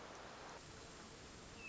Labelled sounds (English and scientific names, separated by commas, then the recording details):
Hermit Thrush (Catharus guttatus)
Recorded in Sonoma County, California